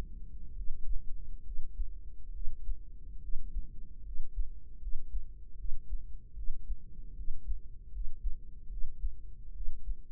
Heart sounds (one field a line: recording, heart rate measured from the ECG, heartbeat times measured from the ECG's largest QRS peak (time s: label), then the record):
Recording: heart sounds by microphone in the right ear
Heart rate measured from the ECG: 73 bpm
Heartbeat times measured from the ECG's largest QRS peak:
0.52 s: heartbeat
1.41 s: heartbeat
2.30 s: heartbeat
3.18 s: heartbeat
4.01 s: heartbeat
4.77 s: heartbeat
5.54 s: heartbeat
6.32 s: heartbeat
7.13 s: heartbeat
7.89 s: heartbeat
8.67 s: heartbeat
9.51 s: heartbeat
From the record:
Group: healthy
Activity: rest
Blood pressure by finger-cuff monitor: 106/65 mmHg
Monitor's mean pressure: 77 mmHg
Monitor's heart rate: 71 bpm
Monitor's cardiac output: 5.8 L/min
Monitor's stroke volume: 82 mL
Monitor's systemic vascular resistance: 940 dyn s/cm5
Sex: female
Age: 23 years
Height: 160 cm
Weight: 50.4 kg